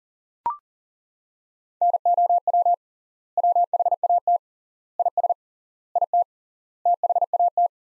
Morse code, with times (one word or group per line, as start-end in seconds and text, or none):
1.8-2.7 NOW
3.4-4.4 WHAT
5.0-5.3 IS
6.0-6.2 IT
6.9-7.7 THAT